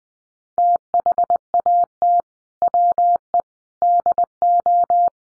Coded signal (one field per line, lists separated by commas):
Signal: Morse code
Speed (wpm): 20 wpm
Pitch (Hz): 700 Hz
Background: none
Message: THAT WE DO